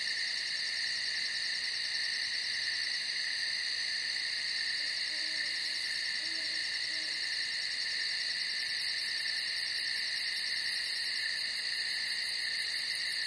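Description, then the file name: Cricket chirring in a constant high trill, with a sharper fast-pulsing layer joining in the final few seconds. "Strekotanie sverchka"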